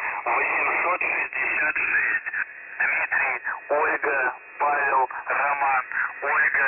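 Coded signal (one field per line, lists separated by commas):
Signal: numbers station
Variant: UVB-76, Russian voice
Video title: The Buzzer/ UVB-76 Voice Message (January 20, 2021, 12:04 UTC)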